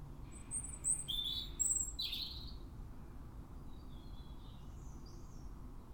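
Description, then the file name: European robin singing thin, high warbled phrases with sliding notes in the first half, then fainter high twitters, over a steady low background rumble. "Erithacus rubecula"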